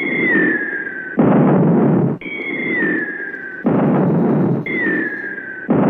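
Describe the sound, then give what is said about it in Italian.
A series of explosions: three times, a high descending whistle slides down before a loud, rumbling blast that lasts about a second, repeating in a steady cycle. “Mentre puntavo, come sempre, da quassù da Marte in questi giorni il telescopio verso il globo terracqueo con palese preferenza, è ormai noto, lo sapete, per lo stivaletto italico, ho inaspettatamente percepito una serie di esplosioni.”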